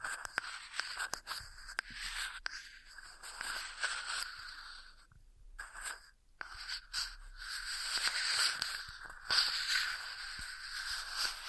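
Ear massage sounds: soft, continuous rubbing and brushing with a bright, airy hiss, broken by frequent small clicks and taps. A brief near-silent pause falls around five to six seconds, then the rubbing resumes, slightly fuller, with occasional crisp pops near the end.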